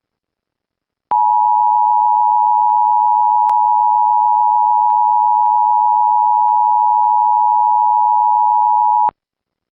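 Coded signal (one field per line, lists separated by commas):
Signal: Emergency Alert System (SAME) tones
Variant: 853 and 960 Hz attention tone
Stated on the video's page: Recreated EAS scenario, not a real alert.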